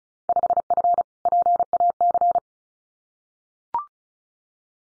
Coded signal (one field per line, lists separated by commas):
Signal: Morse code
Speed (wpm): 34 wpm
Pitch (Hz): 700 Hz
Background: none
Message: 5F PAC